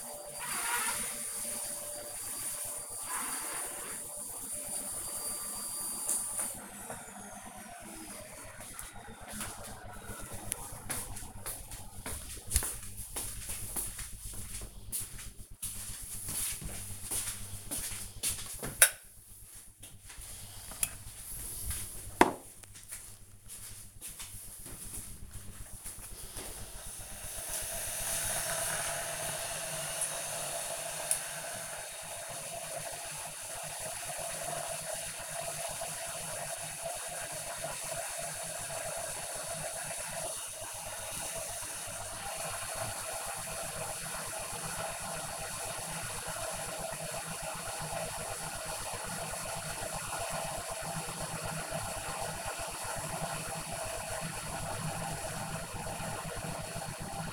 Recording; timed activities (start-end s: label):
household activities, microphone on the right wrist
0.00-5.44 s: vacuum cleaning
17.48-57.33 s: making tea